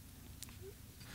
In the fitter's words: this one does not click for some reason and i'm it's pushed all the way in